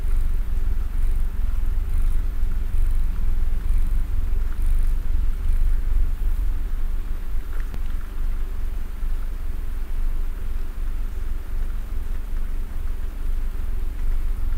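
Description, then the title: Domestic cat purr, an even, rhythmic low rumble held throughout, with a few soft clicks and rustles. Cat snuggling while purring. "Cat Snuggles REAL PURRING"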